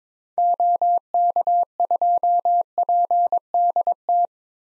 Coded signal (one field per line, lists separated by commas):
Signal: Morse code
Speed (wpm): 21 wpm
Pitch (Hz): 700 Hz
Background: none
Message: OK2PDT